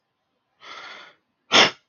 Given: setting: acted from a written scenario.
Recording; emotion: vocal sound without words; anger